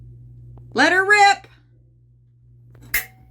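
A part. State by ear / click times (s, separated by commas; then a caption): released / 2.9 s. Someone talks briefly while a manual release handle at the helm of a 70-foot Hatteras is pulled during a fire suppression inspection. The cable-operated release mechanism on the pressurized cylinder's valve head trips with a sharp click at 2.9 s, confirming that it works.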